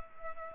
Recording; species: mosquito wingbeat signal from an infrared sensor; Culex pipiens